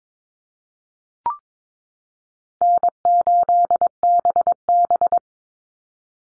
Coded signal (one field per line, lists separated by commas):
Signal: Morse code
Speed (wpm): 22 wpm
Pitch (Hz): 700 Hz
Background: none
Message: N8BB